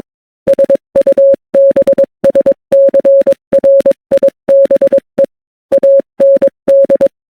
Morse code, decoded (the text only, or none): SUBSCRIBE AND